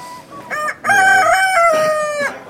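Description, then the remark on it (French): A rooster lets out one loud, drawn-out crow with a bright, strained tone, just after a short clucking note from the chickens. No one speaks. “Ben, on va faire de la poule au pot cet hiver. Mais avant de la poule au pot, il faut malheureusement les abattre.”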